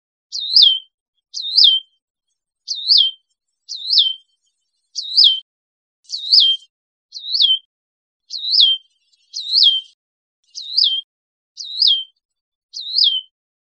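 Hutton's vireo song, the same high phrase dipping, rising and then falling, repeated steadily with short gaps.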